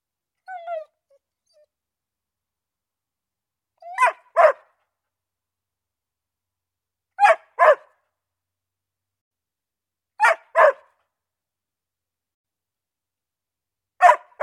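Dog barking in quick pairs, each double bark spaced about three seconds apart, after a faint short whine at the start.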